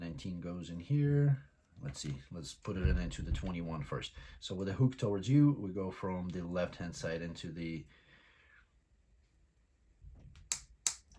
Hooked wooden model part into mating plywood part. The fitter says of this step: into that part until it snaps together then we put 20 against it um